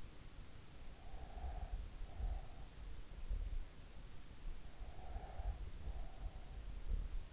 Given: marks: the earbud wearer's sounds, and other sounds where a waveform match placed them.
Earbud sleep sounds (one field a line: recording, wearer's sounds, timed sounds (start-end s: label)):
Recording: sounds in sleep by an in-ear microphone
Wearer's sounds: breath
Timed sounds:
1.02-2.55 s: breath
4.97-7.32 s: breath